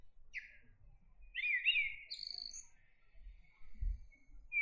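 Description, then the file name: Common blackbird song: a short note, then a fluty warbled phrase ending in high thin squeaks, followed by low rumbling thuds. "Turdus merula"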